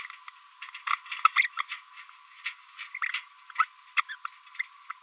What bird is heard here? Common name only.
Green-rumped Parrotlet